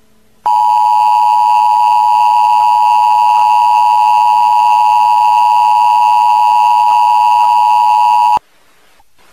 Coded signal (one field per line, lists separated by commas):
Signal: Emergency Alert System (SAME) tones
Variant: 853 and 960 Hz attention tone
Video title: [OLD/BAD] Hazardous Materials Warning for Cortlandt NY (EAS Mock #1)